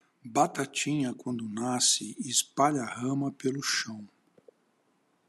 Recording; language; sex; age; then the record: short text; Brazilian Portuguese; male; 60 to 69 years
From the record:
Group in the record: control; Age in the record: 65 years